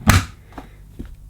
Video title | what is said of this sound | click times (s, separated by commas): Sebo K1 Pastel Mint Vacuum Cleaner Unboxing & First Look | always a little bit stiff but you have to make sure you push it firmly until it clicks so | 0.1 s